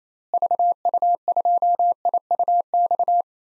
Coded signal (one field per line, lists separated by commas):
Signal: Morse code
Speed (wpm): 28 wpm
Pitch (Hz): 700 Hz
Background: none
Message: VU2IUX